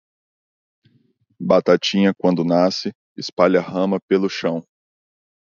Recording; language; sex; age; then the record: short text; Brazilian Portuguese; male; 30 to 39 years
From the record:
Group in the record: control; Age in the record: 38 years